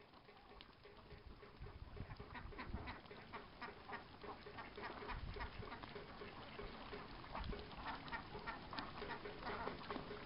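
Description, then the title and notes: Ducks quacking in a busy, overlapping chorus throughout, over a steady wash of background noise. In rice paddies in the countryside east of Ubud, Bali, Indonesia, December 29 2006. "Ducks, water sounds and wind driven noise makers in rice paddies in the country east of Ubud on the island of Bali, Indonesia. Dec 29 2006"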